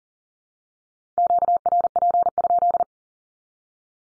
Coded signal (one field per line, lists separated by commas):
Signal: Morse code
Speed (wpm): 37 wpm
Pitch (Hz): 700 Hz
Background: none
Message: QRP?